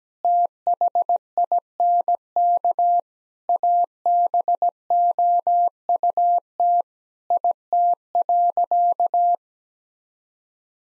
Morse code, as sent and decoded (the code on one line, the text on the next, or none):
- .... .. -. -.- / .- -... --- ..- - / .. - .-.-.-
THINK ABOUT IT.